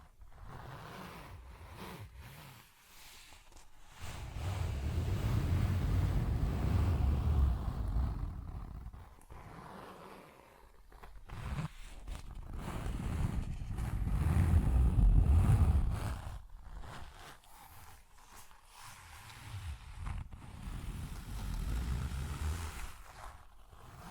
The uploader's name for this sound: ASMR Tapping, Scratching & Zipper Sounds